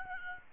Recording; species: mosquito wingbeat signal from an infrared sensor; Aedes albopictus